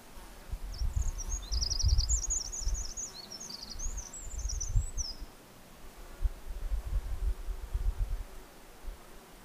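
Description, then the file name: Eurasian wren delivering a long, high, tumbling sequence of quick trills and squeaky notes for several seconds, with low wind rumble underneath. "Troglodytes troglodytes"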